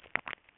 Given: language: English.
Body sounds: throat vibration sensor signal played as sound; swallow

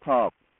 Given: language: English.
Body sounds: throat vibration sensor signal played as sound; speech

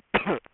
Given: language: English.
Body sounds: throat vibration sensor signal played as sound; cough

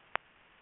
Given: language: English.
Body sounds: throat vibration sensor signal played as sound; swallow

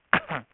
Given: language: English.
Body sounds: throat vibration sensor signal played as sound; cough

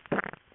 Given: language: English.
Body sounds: throat vibration sensor signal played as sound; swallow

